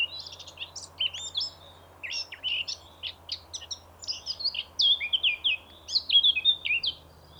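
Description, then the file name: Eurasian blackcap song of scratchy chattering notes followed by a rich, rapid warble with bright whistled phrases, over a faint low hum. "Sylvia atricapilla"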